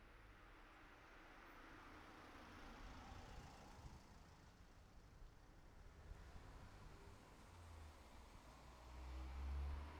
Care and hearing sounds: everyday scene through a hearing-aid microphone; in traffic; traffic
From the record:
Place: city secondary road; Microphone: behind the ear, right, front

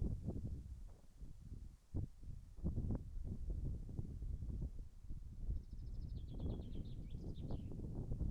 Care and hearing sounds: everyday scene through a hearing-aid microphone; wind on the microphone; wind, birds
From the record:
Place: in front of a rural house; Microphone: behind the ear, right, rear

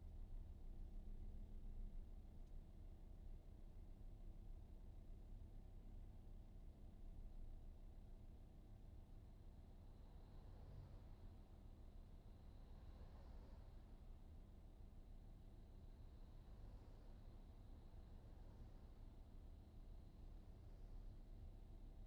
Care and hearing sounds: everyday scene through a hearing-aid microphone; in a vehicle; engine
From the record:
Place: VW T5 Caravelle, diesel engine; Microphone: in the ear canal, right

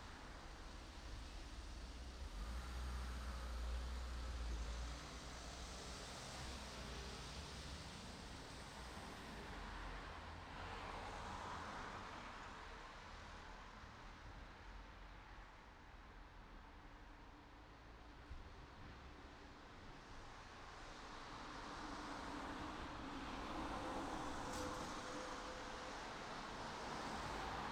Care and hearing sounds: everyday scene through a hearing-aid microphone; in traffic; traffic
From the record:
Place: city secondary road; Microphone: in the ear canal, right

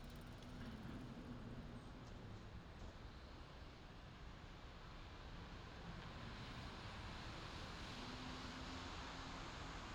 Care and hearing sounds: everyday scene through a hearing-aid microphone; in traffic; traffic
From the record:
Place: main city hub, rush hour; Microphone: in the ear canal, left

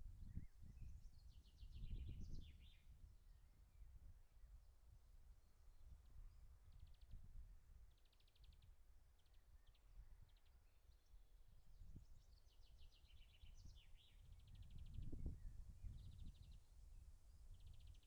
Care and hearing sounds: everyday scene through a hearing-aid microphone; wind on the microphone; wind, birds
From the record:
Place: in front of a rural house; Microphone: behind the ear, left, rear

